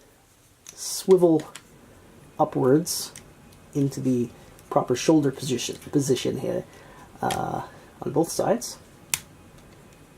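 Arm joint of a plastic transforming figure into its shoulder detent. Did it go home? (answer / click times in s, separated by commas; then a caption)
yes / 9.1 s. Someone talks while swiveling the insect raptorial arms of a plastic Beast Wars Manterror transforming action figure up into the proper shoulder position on both sides. A sharp, loud click at 9.1 seconds marks a small detent locking an arm into place, and the joint is seated.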